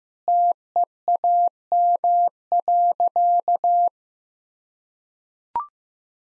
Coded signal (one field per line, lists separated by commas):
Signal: Morse code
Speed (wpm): 15 wpm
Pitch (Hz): 700 Hz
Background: none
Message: TEAM.